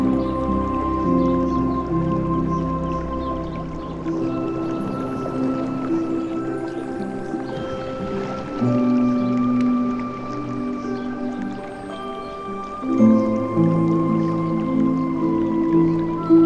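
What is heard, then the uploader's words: Soft sustained music with held chords shifting around four, eight and thirteen seconds, over a faint, steady wash of watery sound. Music With Ocean and Jungle Sounds.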